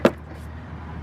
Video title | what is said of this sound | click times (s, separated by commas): Buick Lucerne Radiator Replacement | snap into place | 0.1 s